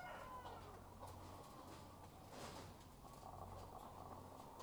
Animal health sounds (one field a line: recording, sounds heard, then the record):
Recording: poultry house recording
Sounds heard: sick chickens (respiratory disease)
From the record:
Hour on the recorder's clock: 12